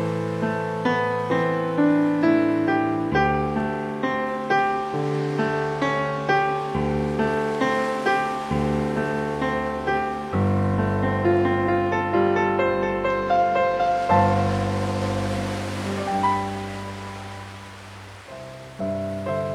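Gentle piano plays steady, evenly spaced notes over sustained low chords that change every few seconds. A soft wash of ocean waves hisses faintly underneath, growing a little more noticeable in the last few seconds as the piano thins out.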